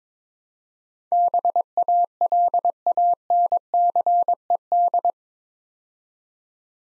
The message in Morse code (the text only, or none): BALANCED